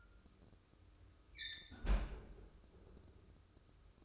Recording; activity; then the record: daily activity, microphone in the room; close fridge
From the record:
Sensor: 2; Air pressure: 995.1 hPa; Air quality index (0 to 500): 65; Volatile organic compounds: 2 ppm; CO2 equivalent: 1119 ppm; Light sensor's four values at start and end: 18/57/22/21 and 18/57/22/21